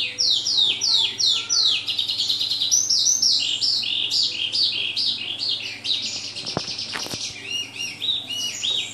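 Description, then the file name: Oriental skylark song of repeated downslurred chirps building into a dense twittering warble, with a couple of sharp clicks and a faint low hum. Vietnam. "suara kicauan sonca branjangan vietnam. omkicau"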